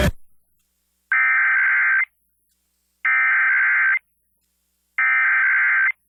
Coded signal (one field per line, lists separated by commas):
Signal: Emergency Alert System (SAME) tones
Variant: header bursts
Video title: [EAS #2707-#2709] Wednesday Tests (9/20/23)